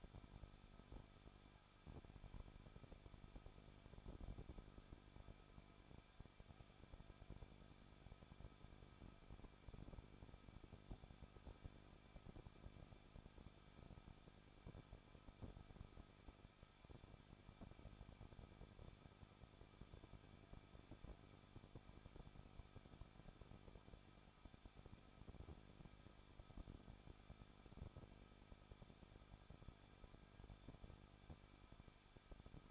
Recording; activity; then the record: daily activity, microphone in the room; no activity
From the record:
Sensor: 5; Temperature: 20.8 degrees Celsius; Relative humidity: 38.2%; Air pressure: 1006.5 hPa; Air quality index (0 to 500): 187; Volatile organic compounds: 18 ppm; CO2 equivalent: 2620 ppm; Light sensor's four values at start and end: 2/3/1/1 and 2/3/1/1